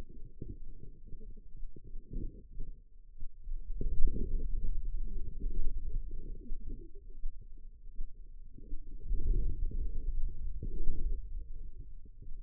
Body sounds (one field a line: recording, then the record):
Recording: forearm muscle sounds (acoustic myography)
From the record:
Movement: hand opening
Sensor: system 2, bracelet of six BSWA MPA416 microphones around the upper forearm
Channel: 4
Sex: female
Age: 25 years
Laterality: right